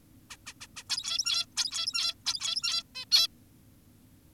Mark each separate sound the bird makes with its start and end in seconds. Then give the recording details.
0.30-0.37, 0.46-0.54, 0.61-0.67, 0.77-0.84, 0.90-1.46, 1.57-2.14, 2.26-2.83, 2.95-3.05, 3.12-3.28. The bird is an adult. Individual g17y2U